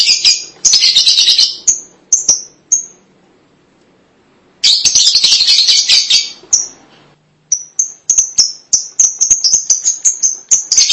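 Lovebird chatter: harsh high twittering bursts and scattered chirps, a long silence, another burst, then a run of sharp repeated chirps.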